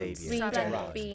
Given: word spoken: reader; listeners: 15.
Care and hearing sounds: one English word in noise, from a listening test; four-talker babble; -1.6 dB; 3 of 15; 6 of 15; 0.74 s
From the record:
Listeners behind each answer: 6, 3, 1, 1, 1, 1, 1, 1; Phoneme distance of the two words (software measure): 17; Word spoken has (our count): 2 syllables, 4 phonemes, stress on syllable 1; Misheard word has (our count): 2 syllables, 5 phonemes, stress on syllable 1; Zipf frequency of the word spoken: 3.71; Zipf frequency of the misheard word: 4.78

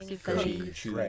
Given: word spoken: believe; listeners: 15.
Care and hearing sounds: one English word in noise, from a listening test; four-talker babble; -1.5 dB; 4 of 15; 6 of 15; 0.69 s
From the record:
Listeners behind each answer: 6, 4, 1, 1, 1, 1, 1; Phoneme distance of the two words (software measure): 44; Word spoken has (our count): 2 syllables, 5 phonemes, stress on syllable 2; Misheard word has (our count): 1 syllable, 3 phonemes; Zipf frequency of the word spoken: 5.56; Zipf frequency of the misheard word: 5.03

